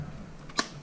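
While the wheel is being taken out of the board, the latch tab on the motor cable connector in its socket on the board is pushed down. A faint tick at 0.5 s is followed by a sharp click at 0.6 s as the latch releases, after which the plug is wiggled up and out.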